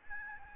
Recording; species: mosquito wingbeat signal from an infrared sensor; Aedes albopictus